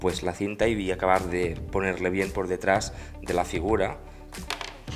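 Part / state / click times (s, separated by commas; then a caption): blaster strap peg into the action figure's back / seated / 4.5 s. Someone talks while fitting the plastic strap of an action figure's blaster, whose small hole takes a peg, behind the figure's back. A single sharp click is heard at 4.5 s as the strap peg seats, and the blaster then sits firmly in place.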